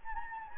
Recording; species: mosquito wingbeat signal from an infrared sensor; Anopheles gambiae